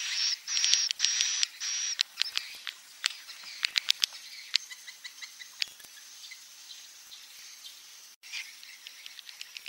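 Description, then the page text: Swiftlet chirps: buzzy high notes at first, followed by irregular sharp clicks and soft twitters. Roosting ("inap") lure call played to attract swiftlets to swiftlet houses; call style named "INAP BJA". "Suara Burung Walet sufar sinar 77 Suara Panggil, Suara Inap Dan Tarik. INAP BJA"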